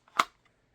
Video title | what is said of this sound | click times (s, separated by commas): Finishing The Level 2 Pancake With Triple Mag Carrier. | put it up locks in place you can't pull it | 0.2 s